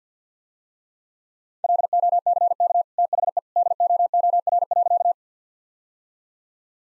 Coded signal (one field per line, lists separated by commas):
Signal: Morse code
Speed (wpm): 50 wpm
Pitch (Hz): 700 Hz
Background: none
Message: LOCK THE DOOR.